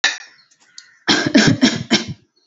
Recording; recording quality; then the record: heavy voluntary cough; excellent, no background noise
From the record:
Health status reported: exposed to COVID-19, no respiratory illness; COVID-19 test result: negative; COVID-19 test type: RT-PCR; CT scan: not taken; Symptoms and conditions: none ticked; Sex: female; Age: 22 years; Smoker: no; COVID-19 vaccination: none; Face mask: worn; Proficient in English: yes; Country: India